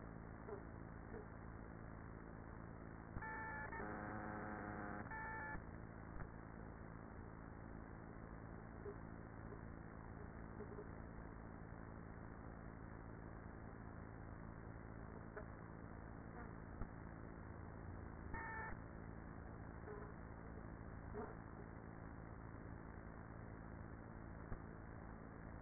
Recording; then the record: honeybee colony, microphone inside the hive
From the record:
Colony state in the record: queenless with a low population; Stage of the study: after two queens were removed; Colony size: about 30,000 bees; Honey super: no